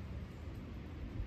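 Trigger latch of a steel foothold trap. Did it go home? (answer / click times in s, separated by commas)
no / none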